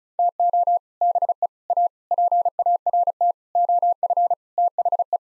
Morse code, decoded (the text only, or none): TO BE A PART OF THE